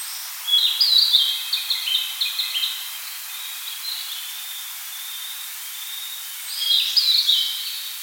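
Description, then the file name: Narcissus flycatcher singing a run of high, stepped whistled notes, a quiet gap of several seconds, then a shorter second phrase. "Ficedula narcissina"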